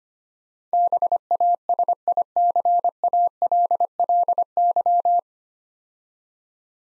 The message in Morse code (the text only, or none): BASICALLY